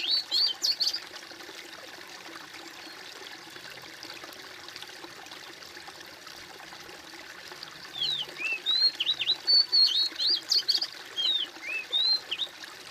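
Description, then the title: Bird: brief whistled song fragment opens, followed by several seconds of steady hiss, then a longer lively phrase of sweeping, looping high whistles. "kOMPILASI suara bird"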